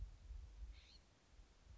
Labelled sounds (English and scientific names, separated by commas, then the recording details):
California Scrub-Jay (Aphelocoma californica)
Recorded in Sonoma County, California